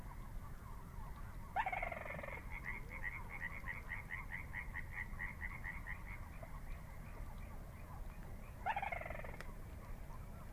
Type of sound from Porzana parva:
song